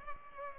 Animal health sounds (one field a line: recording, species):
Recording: mosquito wingbeat signal from an infrared sensor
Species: Culex pipiens